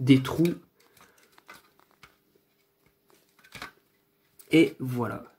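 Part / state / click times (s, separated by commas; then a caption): fixture part into fluorescent batten light fitting / not seated / none. A part of a fluorescent T8 batten light fitting (a 1×18W ferromagnetic fixture) is handled so its notch can enter the holes, while someone talks at the start and end. Faint small knocks and rubs are heard in between. Nothing has seated or clicked yet.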